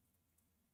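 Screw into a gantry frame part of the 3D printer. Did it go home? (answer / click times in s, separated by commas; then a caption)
no / none. A screw that had been resisting is driven into a frame part of a 3D printer's XY gantry during assembly. A steady low hum is heard, with only a faint, brief tick near 0.4 s. Nothing has seated or clicked into place yet.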